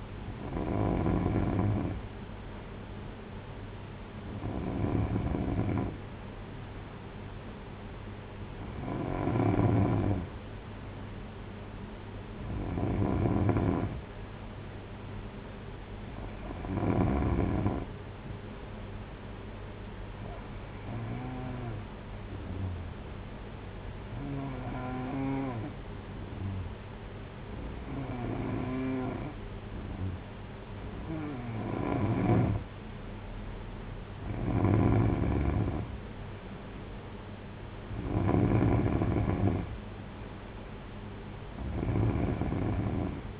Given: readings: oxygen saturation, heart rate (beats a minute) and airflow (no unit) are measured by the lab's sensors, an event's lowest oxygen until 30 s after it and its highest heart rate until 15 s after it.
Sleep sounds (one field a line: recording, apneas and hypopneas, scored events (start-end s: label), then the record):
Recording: breathing in sleep by a voice recorder at the bedside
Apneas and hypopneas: none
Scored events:
none scored
From the record:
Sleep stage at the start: N3 (deep sleep)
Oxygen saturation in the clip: 93 to 94%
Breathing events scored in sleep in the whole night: 226 in 8.8 hours asleep